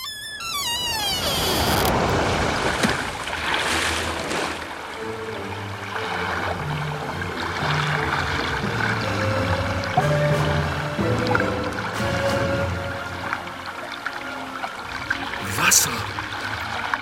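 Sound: rushing water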